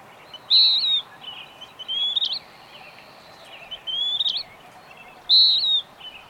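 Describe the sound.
Bird song: two loud clear whistles framing quieter, more varied phrases, over a constant hiss with faint high notes.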